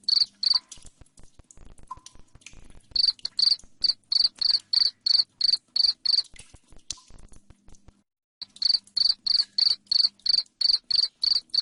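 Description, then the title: Cricket chirping: loud, even chirps repeated about three per second, broken by pauses of a few seconds, with faint background clatter. Loud cricket chirping played to make lovebirds keep singing. "Suara JANGKRIK NGERIK Keras Bikin LOVEBIRD Jadi NGEKEK Terus Vubey"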